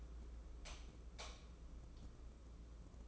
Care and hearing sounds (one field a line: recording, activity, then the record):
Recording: daily activity, microphone in the room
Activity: light off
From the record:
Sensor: 1